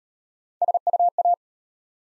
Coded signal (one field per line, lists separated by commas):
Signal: Morse code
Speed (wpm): 38 wpm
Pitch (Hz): 700 Hz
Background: none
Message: SUA